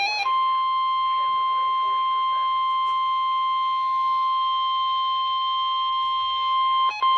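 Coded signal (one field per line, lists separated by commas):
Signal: Emergency Alert System (SAME) tones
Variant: 1050 Hz attention tone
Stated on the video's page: NOAA Weather Radio Required Weekly Test from the Mount Holly, NJ forecast office, read by a live human voice rather than synthesized.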